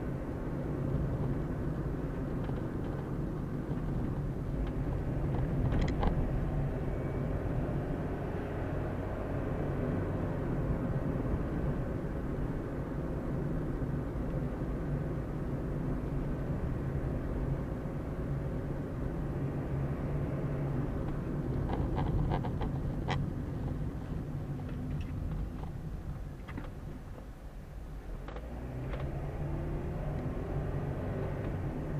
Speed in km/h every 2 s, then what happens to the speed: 41, 37, 33, 38, 42, 44, 42, 39, 38, 36, 36, 28, 19, 9, 12, 23.
0-3 slows to 33. 3-9 speeds up to 44. 9-26 slows to 9. 26-32 speeds up to 23.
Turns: none.